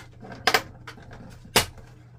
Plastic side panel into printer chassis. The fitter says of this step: Snap it back in there. There we go.